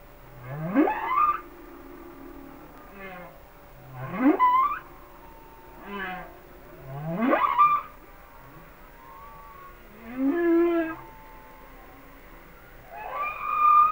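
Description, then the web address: Humpback whale song: repeated sweeping upcalls rise steeply from a low groan to a high wail, about every three seconds, interleaved with short grunts and a soft whistle. "Whale Songs Sounds of Nature - Humpback Whales"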